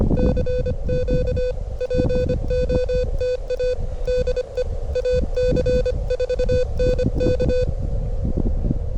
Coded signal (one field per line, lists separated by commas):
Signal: Morse code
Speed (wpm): 24 wpm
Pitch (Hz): 500 Hz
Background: none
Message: CQ POTA DE AC4NK